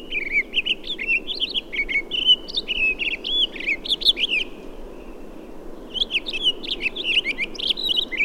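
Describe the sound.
Townsend's solitaire song, a fast warbling stream of sweet high notes, pausing briefly around the fifth second before resuming just as varied, with faint low hiss beneath.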